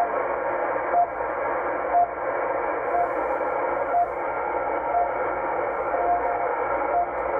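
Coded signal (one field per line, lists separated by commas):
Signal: radio time signal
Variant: RWM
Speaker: back to the end fed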